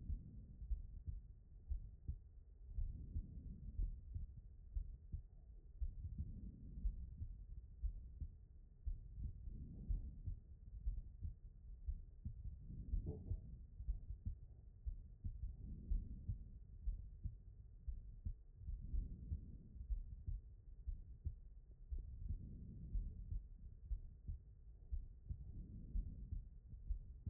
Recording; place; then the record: heart sounds by stethoscope; pulmonary valve (PV)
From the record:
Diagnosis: non-HFrEF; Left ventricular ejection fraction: 62%